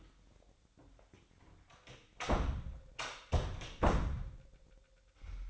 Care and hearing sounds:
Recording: daily activity, microphone in the room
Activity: close door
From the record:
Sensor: 3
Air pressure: 1007.5 hPa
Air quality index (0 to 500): 195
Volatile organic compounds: 15 ppm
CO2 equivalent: 2495 ppm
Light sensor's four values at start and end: 12/29/12/12 and 12/29/12/12

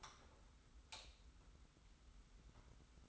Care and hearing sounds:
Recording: daily activity, microphone in the room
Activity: light on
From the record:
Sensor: 3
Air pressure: 991.0 hPa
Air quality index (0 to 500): 114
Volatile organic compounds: 69 ppm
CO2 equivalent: 3512 ppm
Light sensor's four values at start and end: 36/86/34/32 and 39/95/38/35

